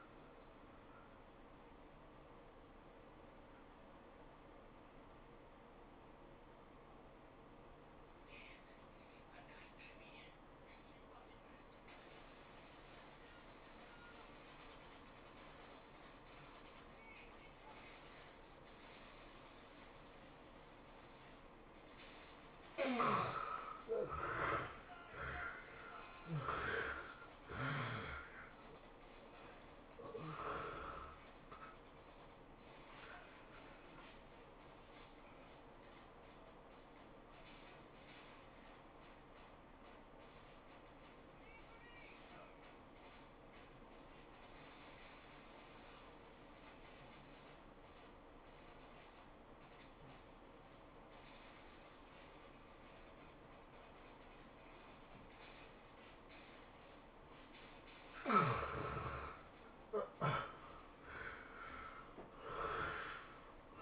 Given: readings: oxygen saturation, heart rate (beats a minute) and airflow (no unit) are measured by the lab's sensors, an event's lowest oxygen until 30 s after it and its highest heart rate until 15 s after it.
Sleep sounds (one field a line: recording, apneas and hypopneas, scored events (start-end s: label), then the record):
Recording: breathing in sleep by a voice recorder at the bedside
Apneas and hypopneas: 2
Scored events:
5.00-23.80 s: obstructive apnea (N1, oxygen 92% highest, then 75% lowest, heart rate 84 at the start, 108 highest)
36.00-59.60 s: hypopnea (N1, oxygen 93% highest, then 72% lowest, heart rate 99 at the start, 110 highest)
44.00-63.82 s: new sleep stage, N2 (light sleep)
From the record:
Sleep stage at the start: N1 (lightest sleep)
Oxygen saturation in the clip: 72 to 93%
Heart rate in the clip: 81 to 108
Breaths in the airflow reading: 10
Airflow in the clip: -16.4 to 17.4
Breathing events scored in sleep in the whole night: 403 in 5.5 hours asleep